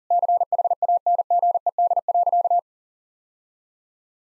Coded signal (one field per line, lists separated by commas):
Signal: Morse code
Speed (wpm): 37 wpm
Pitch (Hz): 700 Hz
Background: none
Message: CHANGED.